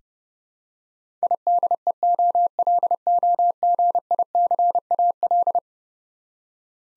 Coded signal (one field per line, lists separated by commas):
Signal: Morse code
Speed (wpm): 31 wpm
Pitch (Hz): 700 Hz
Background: none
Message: IDEOLOGICAL